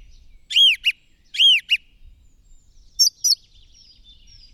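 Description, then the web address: Bird song of two arched, rising-then-falling notes, each followed by a short note, then two high sharp notes. "madarak enek"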